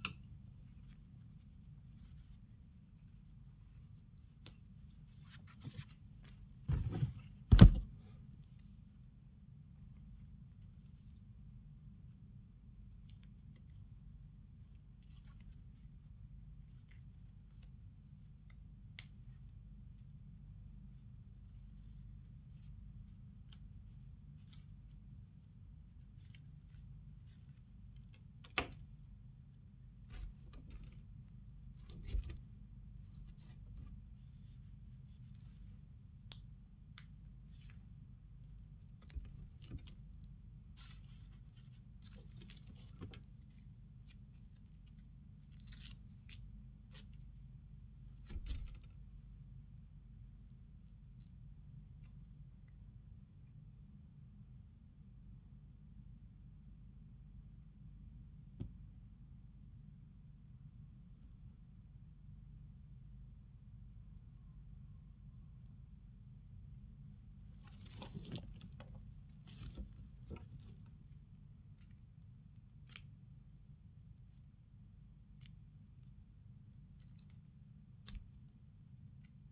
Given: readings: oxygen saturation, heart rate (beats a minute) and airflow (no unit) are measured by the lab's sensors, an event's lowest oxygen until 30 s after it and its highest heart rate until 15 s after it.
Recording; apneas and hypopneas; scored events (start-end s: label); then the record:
a person awake in a sleep study, by a smartphone at the bedside; none
0.00-79.52 s: awake
From the record:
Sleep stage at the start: awake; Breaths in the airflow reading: 28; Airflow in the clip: -0.9 to 1.3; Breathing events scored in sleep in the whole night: 270 in 6.1 hours asleep